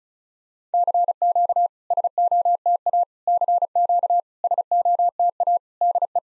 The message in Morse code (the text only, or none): CQ SOTA CQ SOTA DE